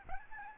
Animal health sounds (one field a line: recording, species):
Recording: mosquito wingbeat signal from an infrared sensor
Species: Aedes albopictus